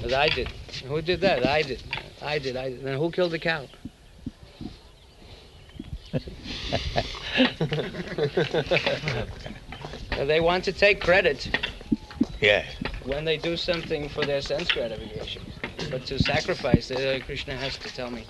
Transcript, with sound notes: "I did." "Who did that?" "I did. I did. I did." "Now, who killed the cow?" [Prabhupāda laughs] So they want to take credit...
Yes.
...when they do something for their sense gratification, but to sacrifice---"Oh, Kṛṣṇa has to tell me.